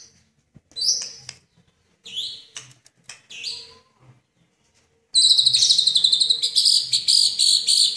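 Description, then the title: Oriental magpie-robin with several short separated high phrases, then a loud rapid buzzy trill repeated in quick pulses. Chirping song. "Kicau Kacer"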